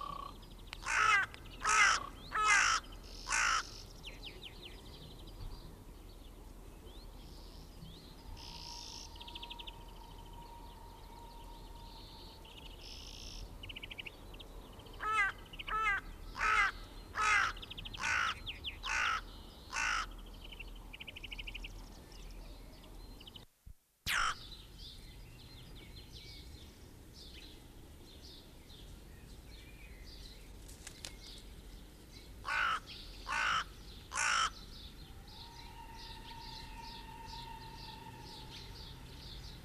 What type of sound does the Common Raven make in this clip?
call